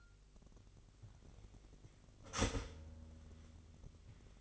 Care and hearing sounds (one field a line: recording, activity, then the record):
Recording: daily activity, microphone in the room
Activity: start toaster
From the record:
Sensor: 4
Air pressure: 1002.7 hPa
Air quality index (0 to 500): 234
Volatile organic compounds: 16 ppm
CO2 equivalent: 2538 ppm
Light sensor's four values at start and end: 21/74/27/27 and 17/58/22/21